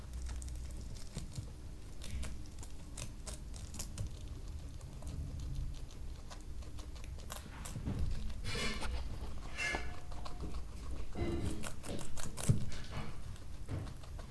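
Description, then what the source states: Guinea pig chewing, a run of crisp, crunchy clicks and soft munching at an irregular pace, with a low background rumble. Guinea pig eating cucumber.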